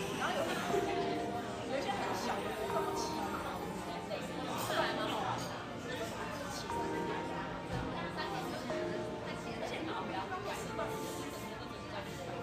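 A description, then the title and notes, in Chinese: Café background noise: a steady wash of overlapping voices and chatter, with no single speaker standing out. Short clinks and faint tonal bits, like dishes or cups, surface now and then over a low, even rumble throughout the twelve seconds. 來自咖啡廳的白噪音。本集就是現場錄製咖啡廳的白噪音。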